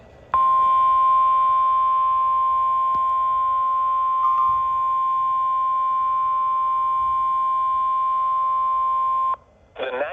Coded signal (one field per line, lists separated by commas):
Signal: Emergency Alert System (SAME) tones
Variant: 1050 Hz attention tone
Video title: (EAS #515) Severe Thunderstorm Warning for Dane and Green, Wisconsin